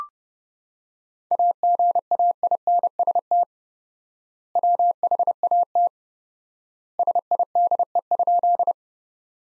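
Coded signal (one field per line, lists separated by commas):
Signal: Morse code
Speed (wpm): 30 wpm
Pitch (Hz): 700 Hz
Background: none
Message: AGAINST WHAT SIDE?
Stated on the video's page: Practice Morse at 30wpm, sentences from the top 400 words sent with 4x standard word spacing.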